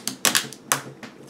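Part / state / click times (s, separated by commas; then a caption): plastic key cap onto laptop keyboard retainer / not seated / none. A plastic key cap is pressed down onto the retainer of an Asus laptop keyboard, giving a quick series of sharp plastic taps and clacks near 0.1, 0.3, 0.4, 0.7 and 1.0 seconds. The key cap fails to snap onto the retainer, and nothing has seated or clicked into place yet.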